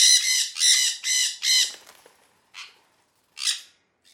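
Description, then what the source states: Sun conure screeches, four loud grating squawks in quick succession, then softer scattered calls trailing off. Two birds calling.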